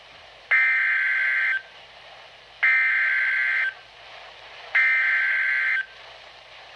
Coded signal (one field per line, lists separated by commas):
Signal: Emergency Alert System (SAME) tones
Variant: header bursts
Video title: EAS #843 - Severe Thunderstorm Warning 8-21-2014